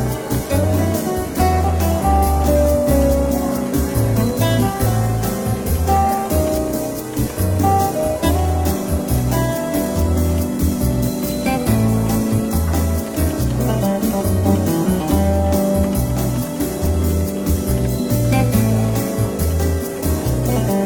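Soft, relaxed jazz plays steadily through a bookshop café, with a walking bass line pulsing low and regular under gentle piano and warm mid tones. Faint café murmur and light clinks sit in the background at a constant, even level throughout.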